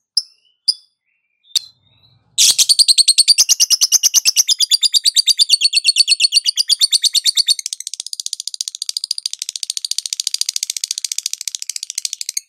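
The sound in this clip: Lovebird chirps: a few sharp isolated notes, then a long rapid run of high, shrill chirps that turns into continuous high chattering to the end.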